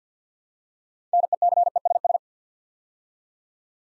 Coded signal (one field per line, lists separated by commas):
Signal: Morse code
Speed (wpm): 50 wpm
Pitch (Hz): 700 Hz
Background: none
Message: NECESS